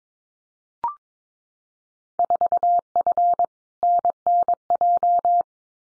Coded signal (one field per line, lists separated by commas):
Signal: Morse code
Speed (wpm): 22 wpm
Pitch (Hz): 700 Hz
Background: none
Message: 4F NNJ